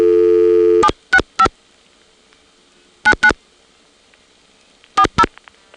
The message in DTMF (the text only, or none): 765 99 40